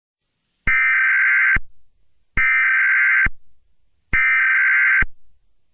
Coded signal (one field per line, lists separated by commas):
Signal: Emergency Alert System (SAME) tones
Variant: header bursts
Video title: eas scenario catemojibabyheat part 26 everyone is back